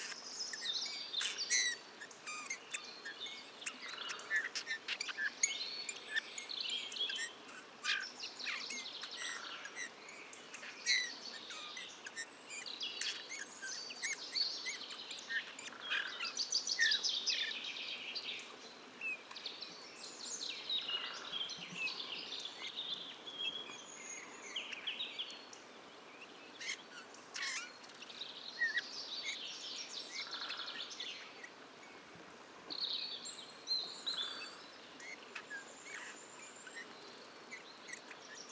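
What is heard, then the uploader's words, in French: A robin sings in bright, fluttering phrases high in pitch, broken by short pauses and returning every few seconds across the whole stretch. Other birds chirp and tick faintly in the background, over a thin, steady outdoor hiss with little low rumble. La Sarcena - Drôme _ Nagra seven - Telinga pro7. Je suis en train d'enregistrer un Rougegorge quand soudain une tache rose vive vient se poser sur un petit prunellier aux bourgeons bien gonflés. C'est un Bouvreuil pivoine (Pyrrhula pyrrhula) mâle qui arbore un magnifique plumage nuptial.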